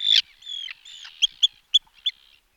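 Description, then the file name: Arctic tern: a loud harsh screech, then a drawn-out grating note followed by several short clipped calls in quick succession. "Rybak dlouhoocasy Sterna paradisaea"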